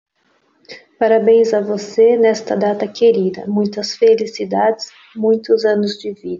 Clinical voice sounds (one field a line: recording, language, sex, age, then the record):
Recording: short text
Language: Brazilian Portuguese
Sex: female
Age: 20 to 29 years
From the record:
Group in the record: control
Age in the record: 28 years